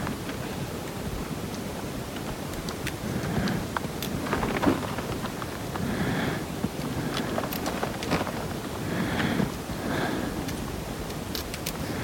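A stretch of a hiking soundscape on the way to Everest Base Camp, dominated by a steady low rumble like wind buffeting the microphone. Scattered clicks and brief taps come and go, and faint ringing tones surface around six and nine seconds.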